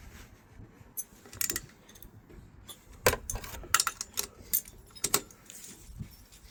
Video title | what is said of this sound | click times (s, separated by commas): Cb125r scorpion full system installation | I'm now going to give them a final click at 22 Newton meters. | 3.7 s, 5.1 s